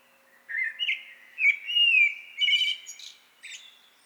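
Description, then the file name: Common blackbird singing a fluty warbled phrase that ends in higher, scratchy twittering notes. "Turdus merula"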